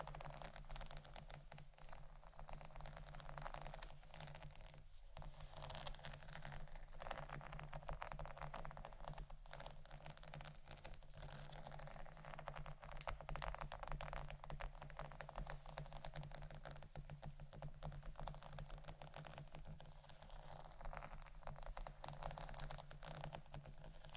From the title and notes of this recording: ASMR Scratching & Tapping For Sleep（No Talking）.